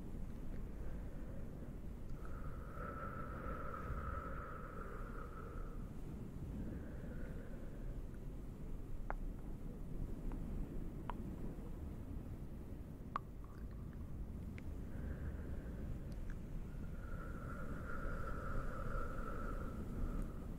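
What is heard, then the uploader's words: Cave ambience with a steady low rumble filling the space, over which a hollow tone swells and fades twice, early and again near the end. Sparse drips and small clicks land in the middle stretch, carrying a soft, delicate echo. ASMR no talking towel and fluffy CAVE SOUNDS (delicate echo).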